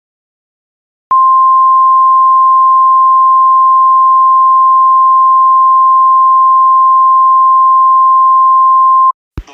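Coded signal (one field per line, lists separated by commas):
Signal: Emergency Alert System (SAME) tones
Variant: 1050 Hz attention tone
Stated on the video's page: Simulated boil water advisory scenario using valid EAS tones.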